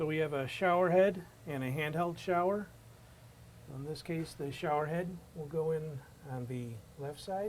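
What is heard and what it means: Someone talks while handling a showerhead control button for a GROHE Rapido SmartBox, about to be pressed into its left-side button holder. Only speech is heard, with no click or snap, and nothing has seated or clicked yet.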